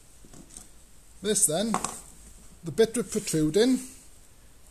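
A plastic trimmer head cover on a Husqvarna trimmer is held on both sides and pressed into the head housing, with a faint sound at 0.3 s before a sharp click at 0.6 s. The cover clicks into place, and then someone talks.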